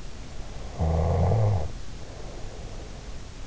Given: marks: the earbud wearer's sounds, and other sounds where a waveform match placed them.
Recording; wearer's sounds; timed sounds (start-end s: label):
sounds in sleep by an in-ear microphone; snoring breath
0.65-3.13 s: snoring breath